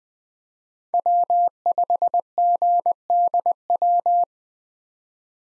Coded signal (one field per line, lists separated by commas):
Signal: Morse code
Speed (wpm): 20 wpm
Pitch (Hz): 700 Hz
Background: none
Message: W5GDW